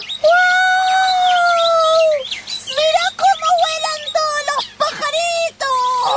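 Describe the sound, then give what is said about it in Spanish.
Birds calling loudly together: a long, steady, clear call opens, then several overlapping chirps and warbling notes tumble over one another in quick, uneven bursts. “¡Llenando de pájaros de nuevo, Nico!”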